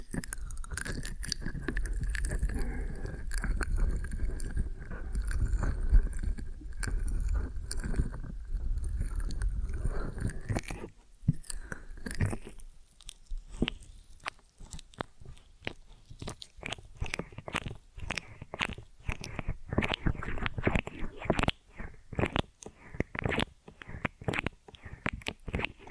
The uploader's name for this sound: Ear & Scalp Massage and Cleaning